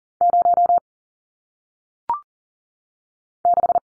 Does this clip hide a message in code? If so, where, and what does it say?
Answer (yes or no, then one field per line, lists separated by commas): yes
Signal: Morse code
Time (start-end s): 0.2-3.8 s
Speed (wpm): 40 wpm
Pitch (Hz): 700 Hz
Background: none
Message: 0 6